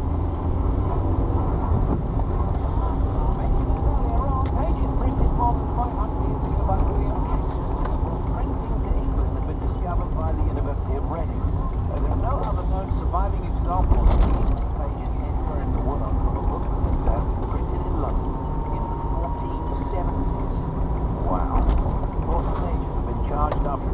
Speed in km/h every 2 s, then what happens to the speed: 32, 34, 37, 39, 39, 32, 31, 32, 39, 44, 44, 45.
0-8 speeds up to 39. 8-11 slows to 31. 13-18 speeds up to 44. 18-24 steady at about 44.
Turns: none.